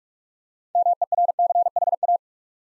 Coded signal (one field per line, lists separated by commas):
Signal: Morse code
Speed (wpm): 44 wpm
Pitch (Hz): 700 Hz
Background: none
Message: MERCHA